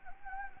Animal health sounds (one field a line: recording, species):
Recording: mosquito wingbeat signal from an infrared sensor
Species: Anopheles gambiae